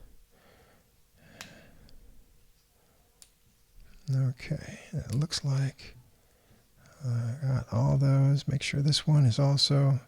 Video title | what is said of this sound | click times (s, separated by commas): Modifying the Casio W800H and W96H to add the Countdown Timer Function | that was unsnapped is snapped back to where it was. | 1.4 s, 3.2 s